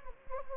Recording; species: mosquito wingbeat signal from an infrared sensor; Anopheles gambiae